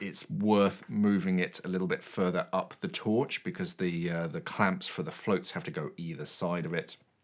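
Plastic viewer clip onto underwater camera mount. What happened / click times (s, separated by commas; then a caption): The clip is handled but has not yet clicked onto the mount / none. A plastic third-person viewer clip is handled near an underwater camera or torch mount, positioned a little further up the torch to leave room for the float clamps on either side. Someone talks throughout, and no distinct handling sounds stand out. Nothing has seated or clicked yet.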